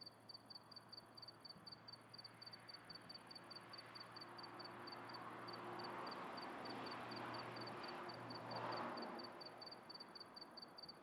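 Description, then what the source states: Cricket chirps keep a steady high pulse while a car approaches and passes with a swelling low roar in the middle. Recorded at night in the countryside, with a car passing.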